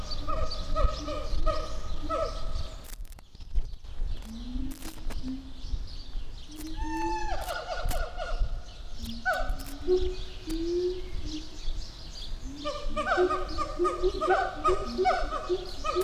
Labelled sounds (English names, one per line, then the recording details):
Siamang
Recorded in captivity
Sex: diverse
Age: diverse
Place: Zoo Berlin, Berlin, DE
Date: 1998-06-20
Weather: wolkig - heiter, 18° C
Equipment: Sony MD-WM MZ-R3, Sennheiser ME 80, Kopie Uher 4000 Report Monitor
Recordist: Tembrock, Günter